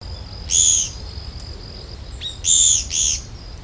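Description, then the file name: Japanese pygmy woodpecker calls: three short, harsh, buzzy notes, a single one followed two seconds later by a quick pair, over a faint, steady high-pitched whine. "kogera"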